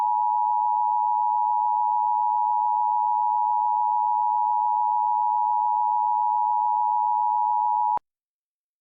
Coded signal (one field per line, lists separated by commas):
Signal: Emergency Alert System (SAME) tones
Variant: 853 and 960 Hz attention tone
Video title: EAS MOCK - MARK IM DOING YOUR REQ DW - 02/14/07